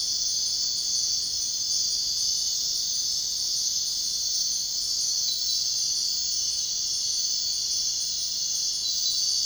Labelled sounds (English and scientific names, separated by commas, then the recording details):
none
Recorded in dense forest near Puerto Asís, Putumayo, Colombia, on 22 June 2025 at 01:00
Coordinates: 0.499, -76.324
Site G100